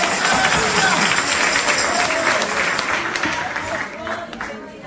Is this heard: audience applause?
yes